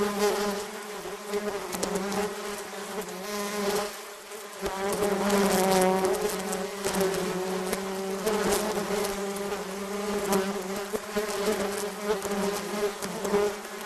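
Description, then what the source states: Swarming bees give a loud, sustained buzzing drone, pitch wavering slightly, with small dips and surges in volume. Recorded while surrounded by a swarm.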